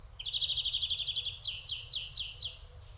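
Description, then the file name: European greenfinch calls, a rapid run of buzzy chips followed by five downslurred notes repeated about every quarter second, with low background rumble. "Chloris chloris"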